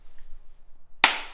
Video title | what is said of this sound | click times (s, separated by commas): SMK Artemis SR900S air rifle review | again you can hear that snap so you have to bear with me it is quite tight on the button | 1.0 s